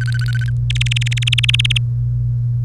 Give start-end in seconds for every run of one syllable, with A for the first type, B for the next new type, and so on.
0.00-0.50 A, 0.70-1.78 B